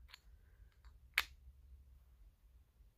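A filled plastic refillable pod is pushed into a vape device body and held in place by magnets. A faint tick comes near 0.1 s, then a sharp, dull contact sound at 1.2 s as the pod seats, not a crisp click. The pod fits and is seated.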